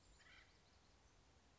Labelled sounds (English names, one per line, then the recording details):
Acorn Woodpecker
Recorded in Sonoma County, California